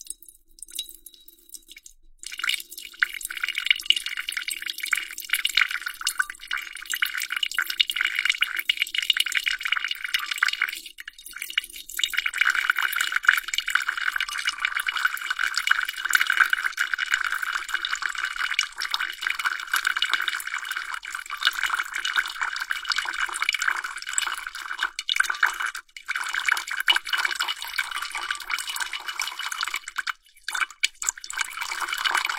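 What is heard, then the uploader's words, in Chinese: Water pours and splashes in a large glass bowl, a bright steady hiss with brief gaps near ten and thirty seconds, and faint clinks. 水和玻璃的声音。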